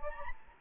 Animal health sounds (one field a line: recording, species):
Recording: mosquito wingbeat signal from an infrared sensor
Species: Anopheles gambiae